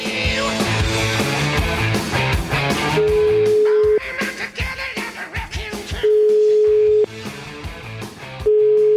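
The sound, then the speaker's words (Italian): A steady, mid-pitched telephone ringback tone sounds in long, evenly spaced pulses, each about a second, over busy background music that carries on between the rings, during a call to a senator named Francesco who is in Puglia. “Rispondi al telefono, Francesco.”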